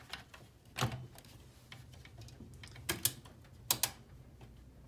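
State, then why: Seated. A graphics card is pushed gently into the PCIe x16 slot of an HP Z400 motherboard until it pops into place. After some faint rustling and a soft knock near 0.8 s, sharp clicks come at 3.0 s and 3.7 s as the slot's retention latch catches. The card is seated and well secured.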